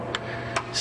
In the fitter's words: you hear it click and then of course I want